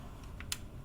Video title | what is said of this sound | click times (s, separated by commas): Transaxle Assembly Instructions | and snap into place over the tabs there | 0.5 s